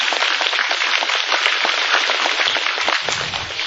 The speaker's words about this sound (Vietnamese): Dạ, xin tán thán những gì Phật tử mới, xin đại chúng cho một tràng pháo tay.